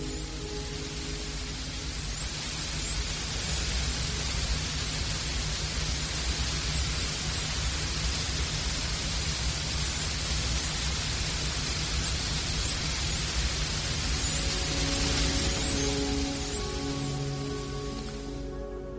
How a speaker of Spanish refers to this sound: Fijaros, sonidos de delfines, y así suenan desde las profundidades.